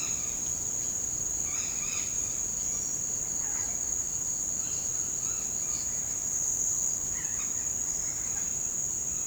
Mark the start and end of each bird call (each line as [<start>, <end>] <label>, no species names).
[1.46, 2.04] bird call
[3.40, 3.75] bird call
[4.63, 5.87] bird call
[7.10, 7.50] bird call